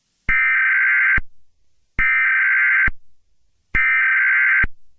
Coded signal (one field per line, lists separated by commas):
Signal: Emergency Alert System (SAME) tones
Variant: header bursts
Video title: EAS Scenario #36: Bowser Attacks